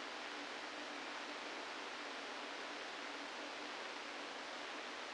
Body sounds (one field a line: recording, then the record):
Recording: brain microelectrode recording played as sound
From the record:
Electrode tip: inside the subthalamic nucleus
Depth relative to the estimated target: 1 mm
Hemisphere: left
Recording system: NeuroSet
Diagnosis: Parkinson's disease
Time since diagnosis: 17 years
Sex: male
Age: 64 years